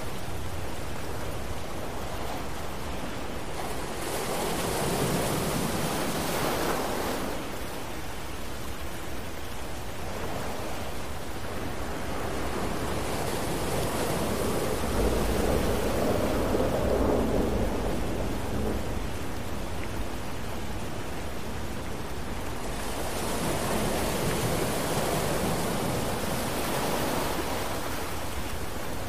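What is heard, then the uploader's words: Steady rain hisses over a deep, continuous roar, with broad swells of sound rising and falling every several seconds, around 5, 15 and 25 seconds, like waves washing in. Low rumbling runs underneath throughout, and the overall level stays dense and even. Thunderstorm & Rain Sounds With Ocean Waves.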